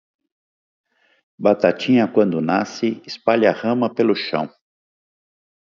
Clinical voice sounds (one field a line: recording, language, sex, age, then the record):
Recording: short text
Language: Brazilian Portuguese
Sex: male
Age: 60 to 69 years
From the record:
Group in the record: control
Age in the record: 60 years